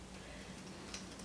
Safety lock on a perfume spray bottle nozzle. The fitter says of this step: it's got a little click it's a safety thing and i'm just trying to make it unsafe